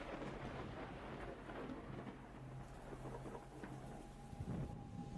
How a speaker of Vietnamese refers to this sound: Ngoài trời đã bắt đầu đổ mưa xuống. Kỳ lạ thật. Trời vào thu, làm gì có những cơn mưa rào sấm sét như thế này đâu. Thời tiết càng ngày càng trở nên quái dị.